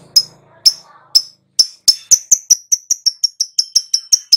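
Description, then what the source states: Lovebird giving sharp high notes that start slowly and then speed up into a fast, even run of ticking chirps. Recording used as a lure (pancingan) to prompt a lovebird to respond and sing vigorously (gacor).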